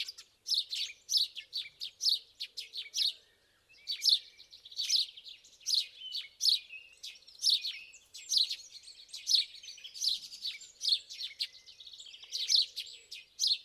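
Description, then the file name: House sparrow chirping, dense bursts of sharp repeated notes with a brief pause near four seconds, then continuing at a lively pace. "Passer domesticus"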